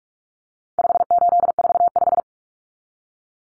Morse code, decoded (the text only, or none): 5845